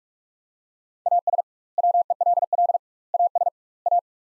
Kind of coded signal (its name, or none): Morse code